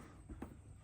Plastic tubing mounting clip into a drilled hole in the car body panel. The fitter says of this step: it simply just snaps into place.